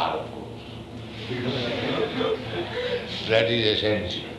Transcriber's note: laughter